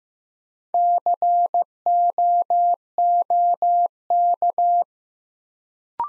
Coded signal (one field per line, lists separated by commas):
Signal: Morse code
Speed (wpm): 15 wpm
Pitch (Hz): 700 Hz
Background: none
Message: COOK